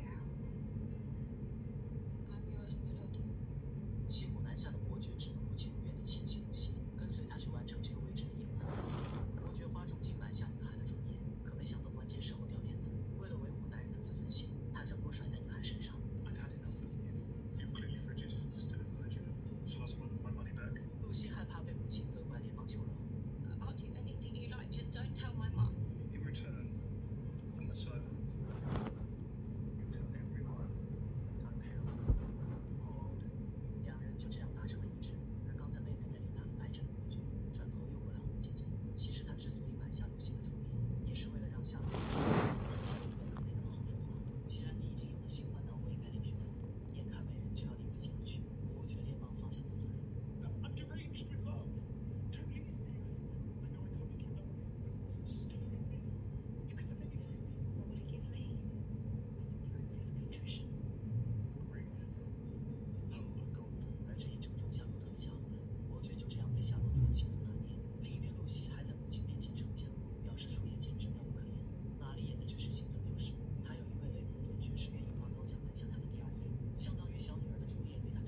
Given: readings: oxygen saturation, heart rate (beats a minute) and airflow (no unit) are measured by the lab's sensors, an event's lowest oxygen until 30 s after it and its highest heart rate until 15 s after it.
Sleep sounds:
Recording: a person awake in a sleep study, by a smartphone at the bedside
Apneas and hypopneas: none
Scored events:
0.00-78.28 s: awake
0.00-78.28 s: awake
From the record:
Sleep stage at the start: awake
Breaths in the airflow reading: 28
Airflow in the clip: -0.6 to 0.8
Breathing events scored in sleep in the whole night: 496 in 5.4 hours asleep

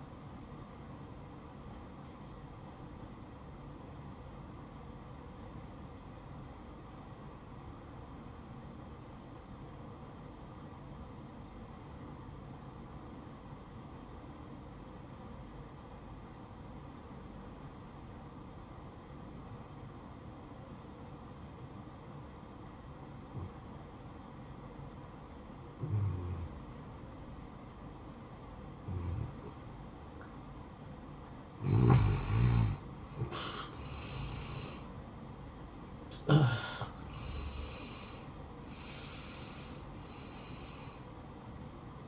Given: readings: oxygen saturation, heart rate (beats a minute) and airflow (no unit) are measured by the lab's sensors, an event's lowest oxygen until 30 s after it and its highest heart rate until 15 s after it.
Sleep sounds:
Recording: breathing in sleep by a smartphone at the bedside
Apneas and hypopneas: 1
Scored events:
4.00-32.50 s: obstructive apnea (N1, oxygen 95% highest, then 86% lowest, heart rate 61 at the start, 76 highest)
7.00-37.00 s: new sleep stage, N2 (light sleep)
37.00-42.08 s: new sleep stage, N1 (lightest sleep)
From the record:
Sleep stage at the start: N1 (lightest sleep)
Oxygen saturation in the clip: 83 to 95%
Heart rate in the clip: 57 to 76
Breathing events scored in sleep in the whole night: 573 in 9.8 hours asleep

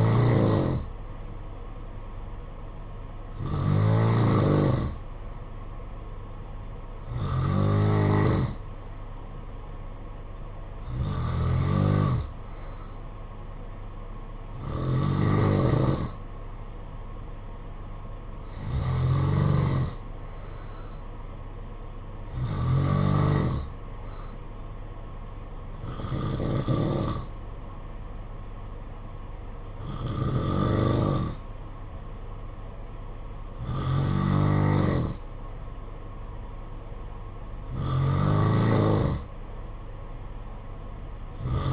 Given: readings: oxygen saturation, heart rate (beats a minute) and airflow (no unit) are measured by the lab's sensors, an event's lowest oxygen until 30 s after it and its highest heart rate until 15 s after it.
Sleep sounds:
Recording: breathing in sleep by a smartphone at the bedside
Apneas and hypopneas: none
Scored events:
22.00-41.73 s: new sleep stage, N2 (light sleep)
From the record:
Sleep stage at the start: N3 (deep sleep)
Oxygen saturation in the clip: 91 to 92%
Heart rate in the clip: 55 to 59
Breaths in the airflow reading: 11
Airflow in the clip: -7.1 to 5.4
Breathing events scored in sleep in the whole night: 476 in 9.7 hours asleep

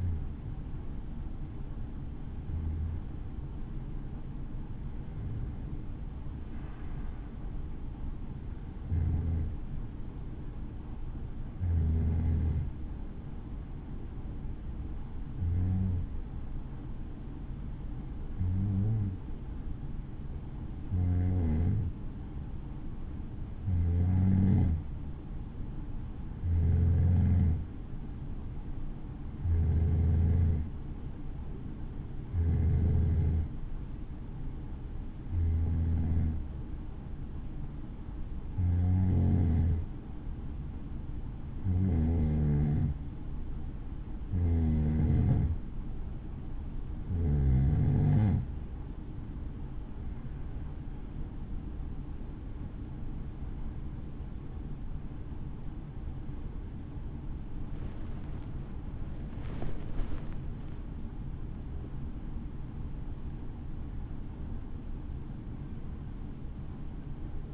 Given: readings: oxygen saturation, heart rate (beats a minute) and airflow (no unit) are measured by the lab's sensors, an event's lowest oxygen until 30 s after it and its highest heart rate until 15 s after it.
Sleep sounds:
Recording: breathing in sleep by a smartphone at the bedside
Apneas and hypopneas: 1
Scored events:
3.00-49.10 s: hypopnea (N2, oxygen 95% highest, then 90% lowest, heart rate 63 at the start, 71 highest)
55.00-67.54 s: new sleep stage, awake
63.00-67.54 s: awake
From the record:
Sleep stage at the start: N2 (light sleep)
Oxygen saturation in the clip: 90 to 95%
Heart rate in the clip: 60 to 75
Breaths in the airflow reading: 22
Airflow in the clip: -13.1 to 10.2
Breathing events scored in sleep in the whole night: 216 in 7.0 hours asleep

